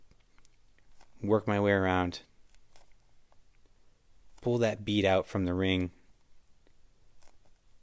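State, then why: Not seated. An RC rubber tire bead is being worked onto a 1.0 beadlock wheel ring, pulled out from the ring while working around the wheel, with small faint ticks of handling between stretches where someone talks. Nothing has seated or clicked yet.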